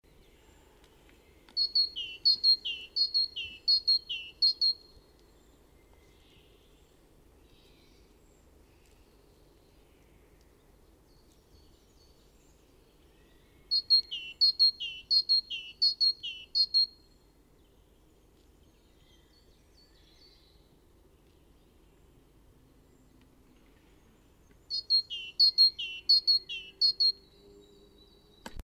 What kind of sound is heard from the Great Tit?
song